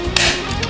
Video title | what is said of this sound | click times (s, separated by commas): 这把印度神锁挂门上，小偷看了沉默，锁匠看了流泪......【CROWN IRON PUZZLE LOCK】 | 在这个锁上了，锁上了，这个也可以推回来了，复位。 | 0.2 s